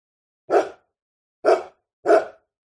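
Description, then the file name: Dog barking, three short, harsh barks within about two seconds, with silence between them. Medium-sized dog barking, close. "zapsplat. dog medium sized barking med close long"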